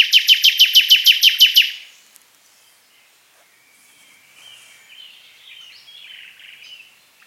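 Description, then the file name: Common nightingale song starting with a rapid series of loud, evenly spaced pulsed notes, then fading into soft quiet warbles. "Luscinia megarhynchos"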